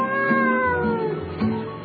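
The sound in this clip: Cat meowing, a long drawn-out meow that slowly falls in pitch, then a second meow begins.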